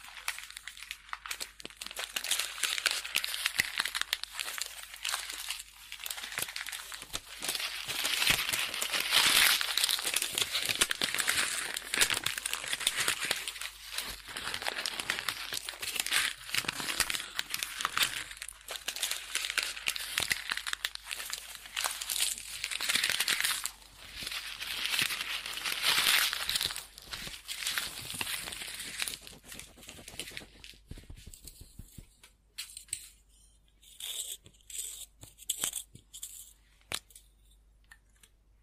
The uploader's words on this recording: Scribbling On Paper.